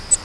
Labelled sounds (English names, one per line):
Grace's Warbler flight call